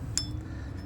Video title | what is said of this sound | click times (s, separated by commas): Nissan juke handbrake repair | Locks into place. | 0.2 s